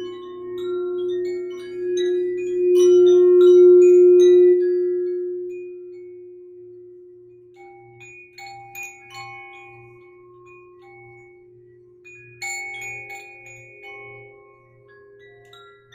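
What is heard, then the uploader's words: A singing bowl hums a low, sustained tone that swells loudest around three to four seconds, then slowly fades while still ringing. Wind chimes tinkle brightly over it in scattered clusters, with fresh bursts near nine and twelve seconds. A faint, soft pulsing throb sits underneath. A relaxing and immersive sound bath meditation specifically using my sound bowl and wind chimes.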